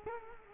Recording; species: mosquito wingbeat signal from an infrared sensor; Culex quinquefasciatus